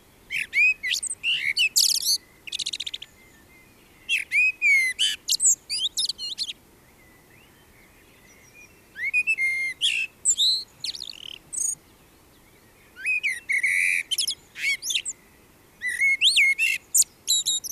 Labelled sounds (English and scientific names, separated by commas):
Common Blackbird (Turdus merula) song